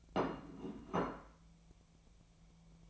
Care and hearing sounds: daily activity, microphone in the room; place plate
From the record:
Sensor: 1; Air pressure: 1000.3 hPa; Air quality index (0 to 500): 145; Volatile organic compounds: 3 ppm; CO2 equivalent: 1364 ppm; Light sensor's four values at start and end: 30/74/31/38 and 30/74/31/38

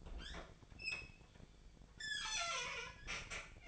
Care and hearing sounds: daily activity, microphone in the room; open fridge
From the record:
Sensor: 5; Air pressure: 1009.7 hPa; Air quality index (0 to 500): 164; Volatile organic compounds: 4 ppm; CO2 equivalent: 1597 ppm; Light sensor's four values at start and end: 105/271/112/120 and 108/278/115/123

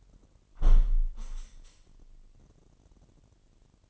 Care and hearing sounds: daily activity, microphone in the room; close window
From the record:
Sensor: 4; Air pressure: 998.7 hPa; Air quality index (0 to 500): 117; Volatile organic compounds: 2 ppm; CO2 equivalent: 1146 ppm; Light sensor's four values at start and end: 10/23/9/10 and 10/24/9/10

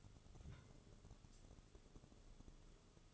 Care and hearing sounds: daily activity, microphone in the room; take from stove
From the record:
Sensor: 4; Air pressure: 1008.8 hPa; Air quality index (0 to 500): 126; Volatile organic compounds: 1 ppm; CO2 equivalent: 920 ppm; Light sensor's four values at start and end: 10/23/9/8 and 10/23/9/8

